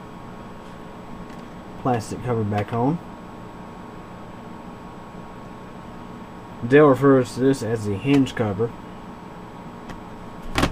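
Someone talks while handling the plastic hinge cover of a Dell Inspiron 1520 notebook, bringing it back toward the laptop body above the keyboard during a memory upgrade. A brief sharp sound comes at 10.6 s, but nothing has seated or clicked into place yet.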